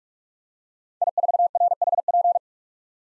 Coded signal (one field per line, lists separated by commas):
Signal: Morse code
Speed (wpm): 46 wpm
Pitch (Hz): 700 Hz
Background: none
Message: I4RHP